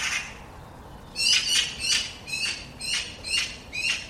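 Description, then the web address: Bird calling in a rapid run of hoarse, grating notes, about seven in three seconds, after one softer call at the start. "cianscape birddata Deverinetal"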